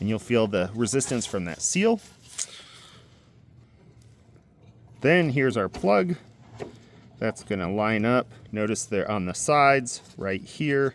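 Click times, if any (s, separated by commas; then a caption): 2.4 s. A new H11 headlight bulb in the headlight housing of a 2020 to 2025 (8th generation) Nissan Sentra is given about an eighth turn toward the engine against the rubber seal's resistance. It clicks into place at 2.4 s while someone talks. The bulb is seated.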